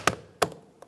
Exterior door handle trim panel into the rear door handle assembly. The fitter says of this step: and click it into place